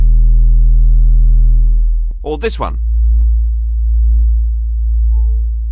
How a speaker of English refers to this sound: That is low-frequency sound, the sort of dull drone or hum that's been driving thousands of people around the world to distraction. If you didn't hear them all, then count yourself lucky.